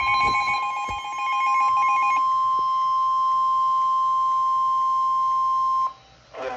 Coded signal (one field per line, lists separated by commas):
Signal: Emergency Alert System (SAME) tones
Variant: 1050 Hz attention tone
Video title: Minnesota Storms: EAS#229-233 (EAS Alerts from 4/12